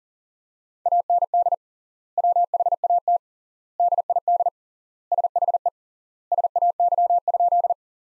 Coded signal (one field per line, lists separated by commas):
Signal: Morse code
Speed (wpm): 40 wpm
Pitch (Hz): 700 Hz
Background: none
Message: AND WHAT DID SHE SAY?